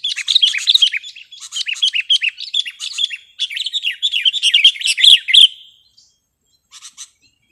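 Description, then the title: Sooty-headed bulbul song: an almost unbroken stream of quick, varied chirps for about five seconds, then silence and two brief notes. "kutilang"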